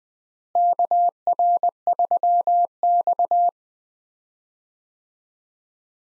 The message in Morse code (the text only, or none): KR3X